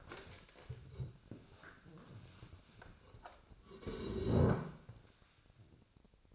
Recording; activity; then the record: daily activity, microphone in the room; stand up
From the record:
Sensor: 2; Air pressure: 1000.3 hPa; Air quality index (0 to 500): 166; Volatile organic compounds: 3 ppm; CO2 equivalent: 1390 ppm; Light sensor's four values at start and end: 8/18/7/8 and 8/17/8/8